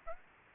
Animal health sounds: mosquito wingbeat signal from an infrared sensor; Aedes aegypti

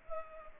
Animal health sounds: mosquito wingbeat signal from an infrared sensor; Culex pipiens

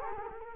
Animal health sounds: mosquito wingbeat signal from an infrared sensor; Culex quinquefasciatus

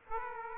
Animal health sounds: mosquito wingbeat signal from an infrared sensor; Aedes aegypti

